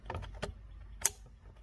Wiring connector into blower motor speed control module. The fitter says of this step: these back in until they click